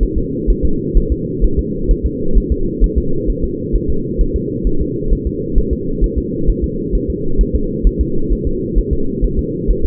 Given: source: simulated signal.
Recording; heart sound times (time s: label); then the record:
fetal heart sounds
0.03 s: S1
0.18 s: S2
0.50 s: S1
0.65 s: S2
0.97 s: S1
1.12 s: S2
1.44 s: S1
1.59 s: S2
1.91 s: S1
2.06 s: S2
2.38 s: S1
2.52 s: S2
2.84 s: S1
2.98 s: S2
3.30 s: S1
3.44 s: S2
3.75 s: S1
3.90 s: S2
4.21 s: S1
4.36 s: S2
4.67 s: S1
4.81 s: S2
5.13 s: S1
5.27 s: S2
5.58 s: S1
5.73 s: S2
6.04 s: S1
6.18 s: S2
6.50 s: S1
6.64 s: S2
6.95 s: S1
7.10 s: S2
7.41 s: S1
7.55 s: S2
7.87 s: S1
8.01 s: S2
8.32 s: S1
8.47 s: S2
8.78 s: S1
8.93 s: S2
9.24 s: S1
9.39 s: S2
9.70 s: S1
9.85 s: S2
From the record:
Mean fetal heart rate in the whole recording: 130 bpm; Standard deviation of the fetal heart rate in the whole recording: 2 bpm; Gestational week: 36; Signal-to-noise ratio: -8.1 dB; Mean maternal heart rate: 72 bpm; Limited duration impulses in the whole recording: absent